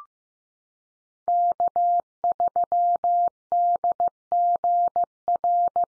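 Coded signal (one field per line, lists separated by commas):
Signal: Morse code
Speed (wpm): 15 wpm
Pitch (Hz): 700 Hz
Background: none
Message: K3DGR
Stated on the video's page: Call sign head-copy Morse drill at 15 wpm, each call sign sent three times, then spoken, then sent again.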